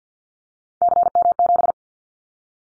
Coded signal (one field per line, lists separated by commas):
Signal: Morse code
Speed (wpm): 50 wpm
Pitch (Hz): 700 Hz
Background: none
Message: CM7